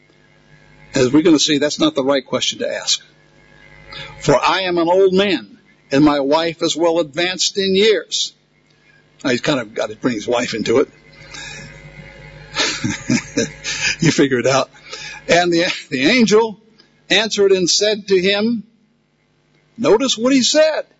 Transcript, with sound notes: - As we are going to see, that isnot the right question to ask – For I am an old man, and my wife is well advanced in years." Now he's got to bring his wife into it (laughs) You've figured it out. And the angel answered and said to him, - notice what he said